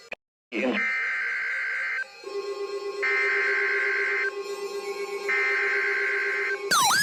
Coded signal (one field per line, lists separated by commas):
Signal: Emergency Alert System (SAME) tones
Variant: header bursts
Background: speech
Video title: SLIGHT RISK INSANITY II. EAS Alerts from 1-18-2023. [EAS #1057 - #1066]